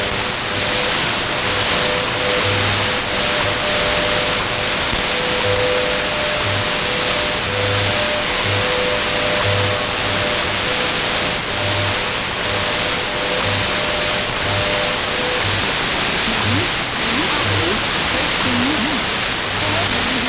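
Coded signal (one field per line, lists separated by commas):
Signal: radio time signal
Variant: WWVH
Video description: A weak WWVH on 15 Mhz. This is easily identified by the female announcer. No audio from WWV.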